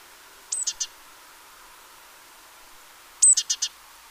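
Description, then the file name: Great tit producing two short call phrases, each a piercing high note then a few rapid chipping notes, separated by over two seconds of quiet. "Parus major"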